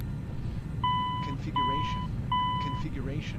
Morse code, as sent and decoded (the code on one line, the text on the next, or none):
none